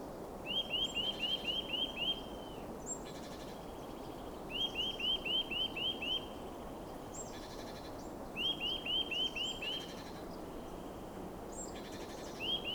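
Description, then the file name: Eurasian nuthatch repeating bursts of fast rising piping notes every few seconds, with short buzzy sounds between bursts and steady background noise. "Sitta europaea"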